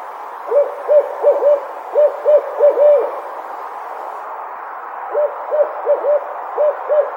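Barred owl giving two bursts of rapid, rhythmic hoots at a steady pitch, separated by a pause of about two seconds, with constant hiss behind them.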